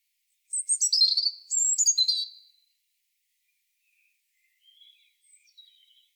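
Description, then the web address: European robin song: a tumbling run of high, sweet warbled notes for two seconds, followed after a pause by soft, thin high whistles. "SETE data Erithacus rubecula"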